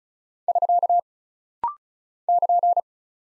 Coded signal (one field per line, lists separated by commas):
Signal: Morse code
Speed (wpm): 36 wpm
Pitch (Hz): 700 Hz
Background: none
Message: <SK> <KN>